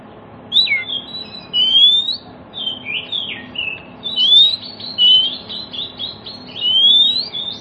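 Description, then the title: Oriental magpie-robin song: varied whistled phrases, rising and falling slurs, with short churring notes and brief pauses between bursts. Kacer song played as a lure so that other magpie-robins start singing within about five minutes, meant for birds that have stopped singing. "Cukup Hitungan Menit Kacer Lain Bisa Bunyi. CUKUP 5 Menit Kacer LAIN NYAUT JADI GACOR, PANCINGAN KACER MACET BUNYI"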